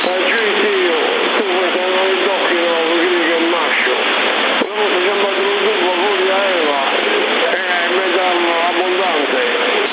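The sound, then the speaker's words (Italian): Water gushes hard from a tap in a steady, dense hiss that runs the whole time, while a person talks over the rushing flow. “L'acqua funziona? Va benissimo, buro, è forte.”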